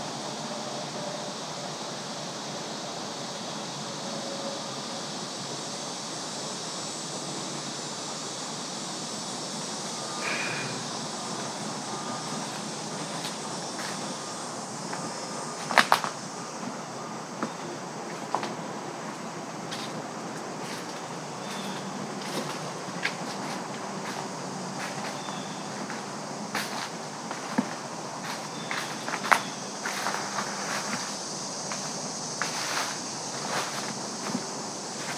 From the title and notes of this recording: West Michigan Woods and Stream. An early evening walk through the lively woods and along the bubbling stream as animals move all around.